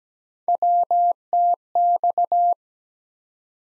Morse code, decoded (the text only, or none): WTX